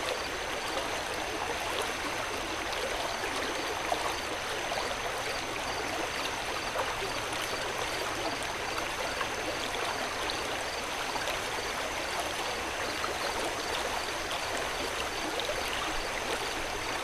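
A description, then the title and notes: A river rushes steadily, its dense hiss of flowing water unchanged from start to finish. Over it, crickets hold a thin, high chirring tone, with a second pulsing cricket line ticking rapidly and regularly underneath. The level stays even throughout. Night Ambience Sounds, Crickets & Peaceful River. Crickets chirping and river flowing. Calming nature sounds, night ambience, relaxing crickets and river sounds.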